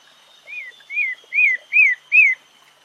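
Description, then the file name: Pale-breasted thrush giving five arched whistled notes, rising then falling, evenly spaced, with a steady high drone behind. "Canto do Sabia barranco"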